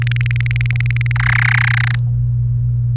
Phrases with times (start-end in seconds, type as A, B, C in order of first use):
0.02-1.12 A, 1.16-1.95 B